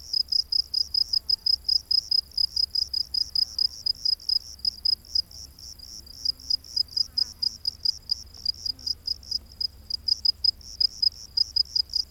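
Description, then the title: Cricket chirps, high and crisp, repeated steadily several times a second throughout. Crickets recorded during the day. "grillos de dia"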